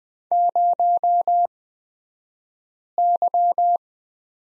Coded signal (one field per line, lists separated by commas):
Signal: Morse code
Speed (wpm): 20 wpm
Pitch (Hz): 700 Hz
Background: none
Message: 0Y